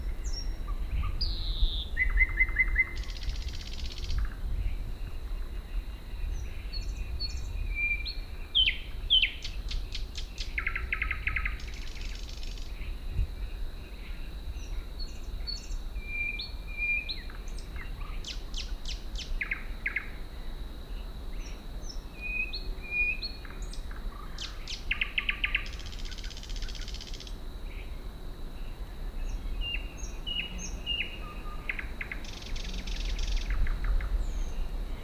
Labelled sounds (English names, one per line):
Thrush Nightingale song